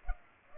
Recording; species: mosquito wingbeat signal from an infrared sensor; Culex pipiens